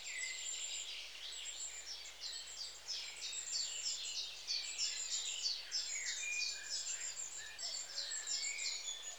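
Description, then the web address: Long-tailed tits chattering together in a dense, overlapping stream of high thin notes and buzzy trills, unbroken throughout. "The BBC Sound Effects Library. Long Tailed TIT"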